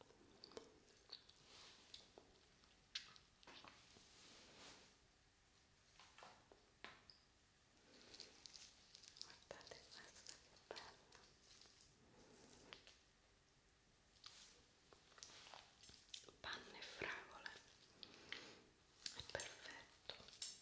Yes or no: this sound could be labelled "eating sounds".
yes